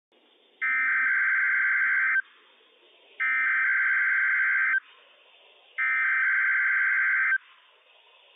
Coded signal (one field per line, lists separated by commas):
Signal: Emergency Alert System (SAME) tones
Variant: header bursts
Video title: NWS PDT Required Weekly Test - WWF56 - EAS #88 - 10:12 AM PDT 4/28/21